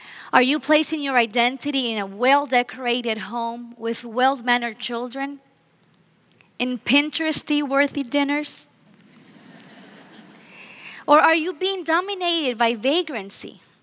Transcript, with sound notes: Are you placing your identity in a well-decorated home with well-mannered children and Pinterest-worthy dinners? (laughter) Or are you being dominated by vagrancy?